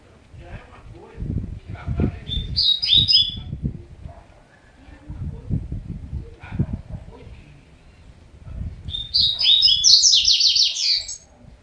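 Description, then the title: Double-collared seedeater sings a short high warble, then a longer rapid twittering phrase later, amid repeated low thudding background noise. "Canto Coleiro"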